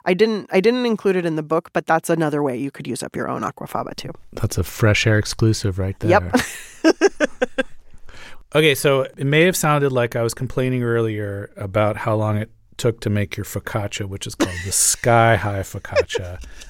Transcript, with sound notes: So I didn't include it in the book, but that's another way you could use up your own aquafaba, too.
That's a FRESH AIR exclusive right there.
Yep (laughter).
OK. So it may have sounded like I was complaining earlier about how long it took to make your focaccia, which is called the sky-high focaccia.